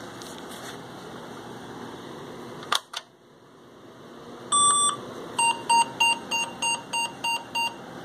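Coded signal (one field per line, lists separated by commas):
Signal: beep code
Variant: AMI BIOS, PC speaker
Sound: a click, then one long beep followed by eight short beeps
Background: computer fan hum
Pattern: 1 long, 8 short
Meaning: Eight beeps indicate a video card or display memory problem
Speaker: very similar to the 286 we get eight beeps out of PC speaker which indicates a video card problem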